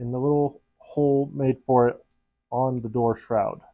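A small magnet is handled at its little pocket in the plastic fan door shroud of a Prusa MK4 3D printer kit's extruder while someone talks. No click or seating sound is heard, and the magnet has not snapped into place yet.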